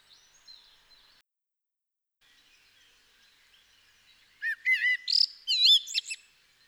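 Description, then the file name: Common blackbird song: faint soft twitters at first, then a loud burst of looping, wavering fluted notes mixed with sharp high squeaks. "Turdus merula"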